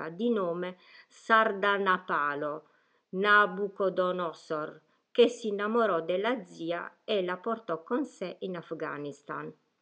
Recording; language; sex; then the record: read passage; Italian; female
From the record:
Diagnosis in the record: healthy control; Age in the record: 61 years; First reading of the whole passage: 67 s, 7.7 characters per second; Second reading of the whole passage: 54 s, 9.6 characters per second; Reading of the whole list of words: 44 s, 6.4 characters per second